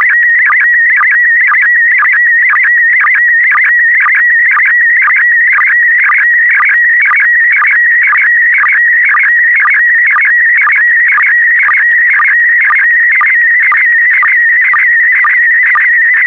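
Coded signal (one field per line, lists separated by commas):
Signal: SSTV (slow-scan television)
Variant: PD120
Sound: continuous warbling, buzzy tone with steady rhythmic ticks about twice a second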